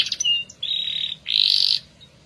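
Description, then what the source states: Canary song fragment: short chirps, a sustained flat whistle, then a loud buzzy held note. Domestic canary, F1 bird; used as therapy to prompt a canary that has stopped singing (Indonesian: kenari macet).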